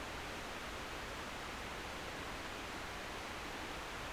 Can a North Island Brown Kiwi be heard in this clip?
no